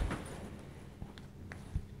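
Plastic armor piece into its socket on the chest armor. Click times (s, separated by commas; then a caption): 1.5 s. A plastic armor piece is lined up and plugged into its socket on the chest armor of a Masters of the Universe Classics Battle Armor Skeletor action figure. Low handling bumps at 0.1 s and 1.0 s and a faint tick at 1.2 s come before a sharp click at 1.5 s, followed by a soft low thud near 1.8 s. The piece seats in place at that click.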